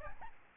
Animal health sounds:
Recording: mosquito wingbeat signal from an infrared sensor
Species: Aedes albopictus

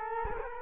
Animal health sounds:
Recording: mosquito wingbeat signal from an infrared sensor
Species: Culex quinquefasciatus

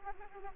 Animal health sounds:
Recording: mosquito wingbeat signal from an infrared sensor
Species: Anopheles arabiensis

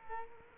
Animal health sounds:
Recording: mosquito wingbeat signal from an infrared sensor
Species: Culex quinquefasciatus

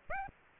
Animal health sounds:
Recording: mosquito wingbeat signal from an infrared sensor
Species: Aedes aegypti

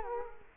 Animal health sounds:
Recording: mosquito wingbeat signal from an infrared sensor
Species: Culex quinquefasciatus

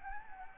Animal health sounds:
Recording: mosquito wingbeat signal from an infrared sensor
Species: Anopheles gambiae

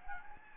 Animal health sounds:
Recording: mosquito wingbeat signal from an infrared sensor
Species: Anopheles gambiae

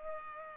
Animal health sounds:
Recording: mosquito wingbeat signal from an infrared sensor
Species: Culex pipiens

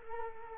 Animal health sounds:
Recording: mosquito wingbeat signal from an infrared sensor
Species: Culex quinquefasciatus

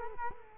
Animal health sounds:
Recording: mosquito wingbeat signal from an infrared sensor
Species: Culex quinquefasciatus

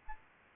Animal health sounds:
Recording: mosquito wingbeat signal from an infrared sensor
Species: Aedes albopictus

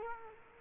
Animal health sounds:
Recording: mosquito wingbeat signal from an infrared sensor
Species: Culex quinquefasciatus

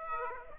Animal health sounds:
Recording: mosquito wingbeat signal from an infrared sensor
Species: Aedes aegypti

